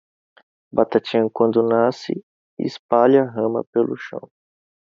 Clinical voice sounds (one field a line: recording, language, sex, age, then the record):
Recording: short text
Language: Brazilian Portuguese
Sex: male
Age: 20 to 29 years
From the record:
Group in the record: control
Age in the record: 22 years